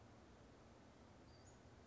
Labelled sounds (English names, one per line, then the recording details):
Western Flycatcher
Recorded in Sonoma County, California